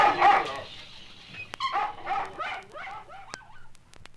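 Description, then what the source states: Dog: puppies whimpering and yipping, a few high wavering whines rising and falling, with sharp clicks and knocks between them. Puppies in a pet shop.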